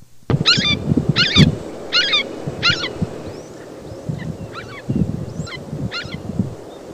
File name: Red-shouldered Hawk